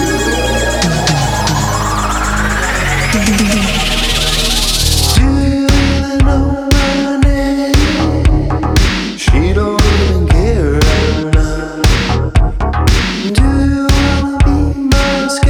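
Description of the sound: Simulated pulsatile tinnitus: a rising synthetic tone, then a steady hum pulsing about 118 times a minute, like doubled heartbeats.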